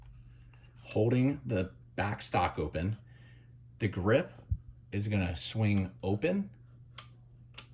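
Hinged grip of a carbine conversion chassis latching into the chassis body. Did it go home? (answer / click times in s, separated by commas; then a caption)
no / none. Someone talks while handling the hinged pistol grip of a B&T BWC-9 carbine conversion chassis for a Sig 320, with the back stock locked open and the grip about to swing open on its hinge. Faint ticks are heard near the end of the clip. Nothing has seated or clicked into place yet.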